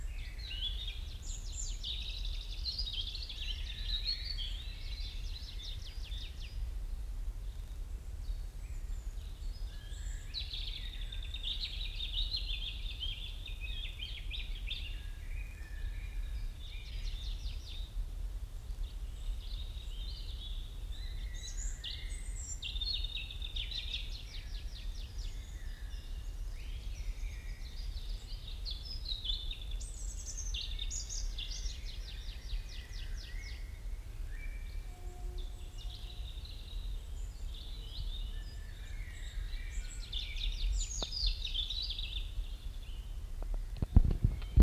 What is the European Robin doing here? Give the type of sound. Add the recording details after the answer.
song. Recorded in the wild. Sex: male. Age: adult. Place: Mühlenbecker Wald, Brandenburg, DE. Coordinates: 52.6894, 13.395. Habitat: pine and beech stand. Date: 1975-05-11 11:23. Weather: overcast, 20°C, no wind. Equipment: Uher CR 210, Sennheiser MD 421, Verstärker, Kopie Uher 4200. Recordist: Tembrock, Günter